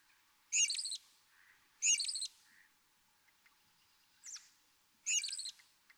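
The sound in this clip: American robin singing loud warbled phrases every second or two, with softer notes between and faint background chirps.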